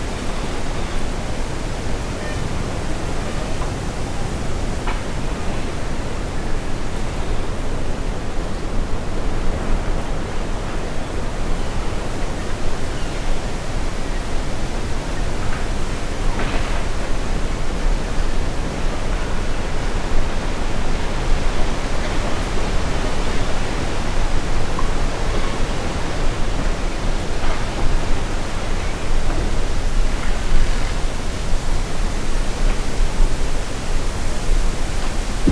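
Wind moving through trees makes a steady, dense rush that is heaviest in the low and middle range, with a softer hiss above. The level holds almost constant and swells slightly after the midpoint. Faint brief brushes of brighter rustling stand out now and then.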